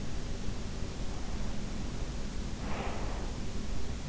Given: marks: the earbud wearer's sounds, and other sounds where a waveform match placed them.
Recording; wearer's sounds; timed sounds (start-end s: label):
sounds in sleep by an in-ear microphone; breath
2.53-3.55 s: breath